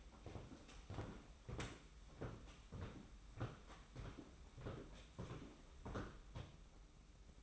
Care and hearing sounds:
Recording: daily activity, microphone in the room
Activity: walk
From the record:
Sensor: 1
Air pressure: 991.6 hPa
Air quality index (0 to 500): 170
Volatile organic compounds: 1000 ppm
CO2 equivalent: 6417 ppm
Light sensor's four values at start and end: 30/99/39/40 and 31/102/40/40

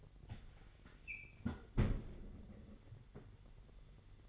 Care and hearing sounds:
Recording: daily activity, microphone in the room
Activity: close fridge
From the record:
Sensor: 4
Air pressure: 989.2 hPa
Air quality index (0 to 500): 222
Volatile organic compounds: 79 ppm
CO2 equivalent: 3601 ppm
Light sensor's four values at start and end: 26/91/33/35 and 27/93/34/36

